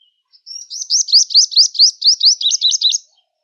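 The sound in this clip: Purple Sunbird singing a rapid series of high, wavering, up-slurred notes in quick succession, in one continuous phrase of about two and a half seconds.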